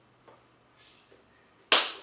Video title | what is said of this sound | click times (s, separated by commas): ABIR X8 UNBOXING | There we go. Make sure it clips in. Hear the click noise. | 1.7 s